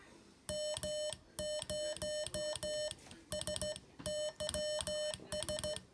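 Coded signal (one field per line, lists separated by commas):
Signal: Morse code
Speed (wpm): 14 wpm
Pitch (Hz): 600 Hz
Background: music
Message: M0SYS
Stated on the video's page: Morse code lesson, homework for the third session of a learning series.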